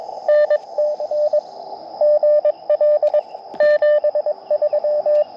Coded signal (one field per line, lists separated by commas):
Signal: Morse code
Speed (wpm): 24 wpm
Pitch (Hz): 600 Hz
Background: radio noise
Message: NTN GL 73